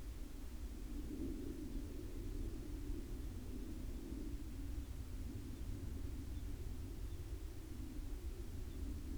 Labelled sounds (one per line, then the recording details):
bird
aircraft
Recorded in the Arctic National Wildlife Refuge, Alaska, on 22 July 2019 at 02:45
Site 41